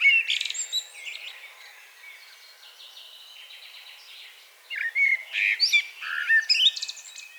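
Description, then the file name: Common blackbird song: a bright twittering opening, a quieter run of notes, then a loud stretch of fluty slurs and chattering notes near the end. "Turdus merula"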